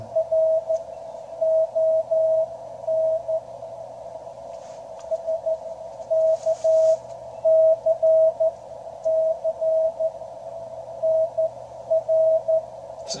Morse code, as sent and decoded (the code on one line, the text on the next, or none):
.-. --- -. / ... -.- -.-. -.-. / -. .-.
RON SKCC NR